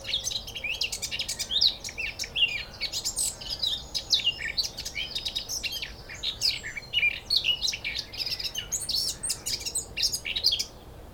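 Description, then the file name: Eurasian blackcap song, continuous busy warbling of high twittering and whistled notes. "Sylvia atricapilla"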